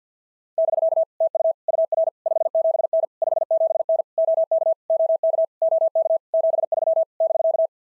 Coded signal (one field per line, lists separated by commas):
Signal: Morse code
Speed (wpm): 53 wpm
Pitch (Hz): 650 Hz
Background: none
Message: <BK> TU UR 57N 57N OK OK OK 73 <BK>